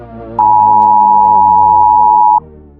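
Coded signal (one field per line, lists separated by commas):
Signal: Emergency Alert System (SAME) tones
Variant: 853 and 960 Hz attention tone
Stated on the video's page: Simulated, fictional EAS alert tones in an entertainment film scenario, not a real emergency alert.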